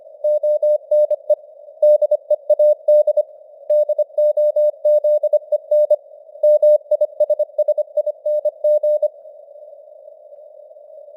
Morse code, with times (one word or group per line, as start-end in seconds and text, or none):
0.2-1.3 ONE
1.8-3.2 DEAD
3.7-5.9 DOZEN
6.4-9.1 MISSING